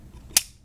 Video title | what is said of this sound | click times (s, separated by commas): Transformers Animated Deluxe Class Lockdown | these into they click close | 0.4 s